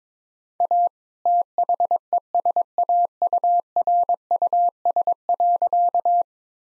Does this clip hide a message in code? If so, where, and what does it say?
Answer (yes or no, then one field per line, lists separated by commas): yes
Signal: Morse code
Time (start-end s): 0.6-6.2 s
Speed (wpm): 22 wpm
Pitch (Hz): 700 Hz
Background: none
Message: A THESAURUS.